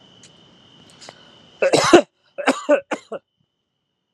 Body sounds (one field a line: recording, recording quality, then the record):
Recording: heavy voluntary cough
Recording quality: excellent, no background noise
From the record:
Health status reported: healthy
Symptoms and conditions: none ticked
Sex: male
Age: 41 years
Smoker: not ticked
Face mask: not worn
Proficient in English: yes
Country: India